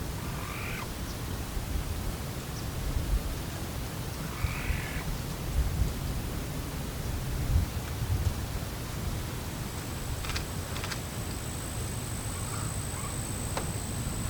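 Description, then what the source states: Virginia rail calls: a few short, harsh, mid-pitched notes at separate moments, with sharp clicks later on, all over a steady background rumble. Unusual calls.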